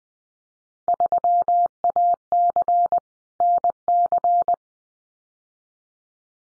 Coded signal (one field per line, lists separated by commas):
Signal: Morse code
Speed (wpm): 20 wpm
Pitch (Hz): 700 Hz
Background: none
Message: 3AC NC